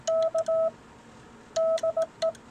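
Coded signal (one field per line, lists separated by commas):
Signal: Morse code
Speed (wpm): 18 wpm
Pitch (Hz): 650 Hz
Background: none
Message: K DE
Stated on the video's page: Morse sent on a Brown Bros/Signal Electric combo key.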